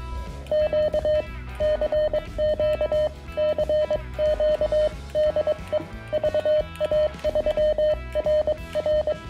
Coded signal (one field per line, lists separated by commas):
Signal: Morse code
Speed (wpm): 21 wpm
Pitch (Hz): 610 Hz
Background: music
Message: Q CQ CQ DE VA3RR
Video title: Unboxing the compact and powerful Venus SW-3B - a must-have for CW QRP enthusiasts!